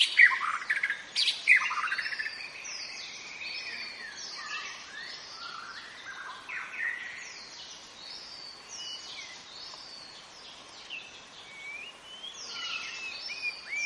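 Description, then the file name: White-rumped shama delivering a few loud whistled phrases at the start, then softer scattered notes against a continuous chorus of high-pitched forest birds. "suara muraibatu hutan omkicau"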